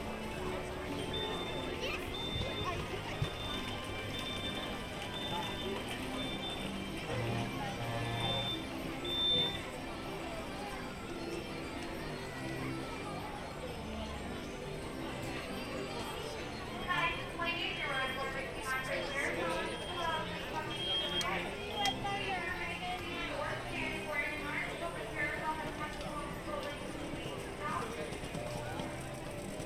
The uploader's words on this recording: Disneyland Park Binaural Walk Through. A relaxing audio journey through Disneyland park in Anaheim, California.